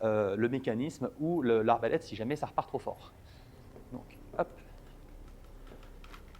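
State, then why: Seated. A Killer Instinct Logix 435FPS crossbow is cocked with its crank cocking device while someone talks for the first three seconds, followed by quieter faint mechanical sounds. At 6.0 s a short click is heard as the bowstring latches into the trigger mechanism, and the string is held in place.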